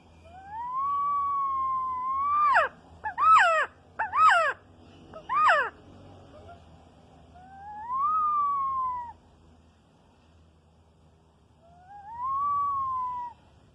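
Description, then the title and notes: Quetzal calls: drawn-out whistles that climb slowly then slur down, broken by a short burst of several harsh, buzzy notes, over a low steady hum. Described as the national bird. "CANTO DEL QUETZAL AVE NACIONAL. Canto de un Quetzal"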